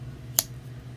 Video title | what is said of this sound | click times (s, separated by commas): RR2038 Rough Ryder Micarta Work Knife | hear the snap when it's closed opening all the way up you | 0.4 s